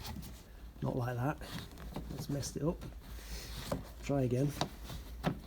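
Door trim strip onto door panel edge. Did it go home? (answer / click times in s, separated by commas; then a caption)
yes / 5.3 s. Someone talks while refitting an interior door trim strip on a Ferrari 360 door after a first attempt went wrong, hooking a nail behind the strip and pulling it toward them so it clips over the door panel edge. A short, sharp click at 5.3 s marks the strip seating in place.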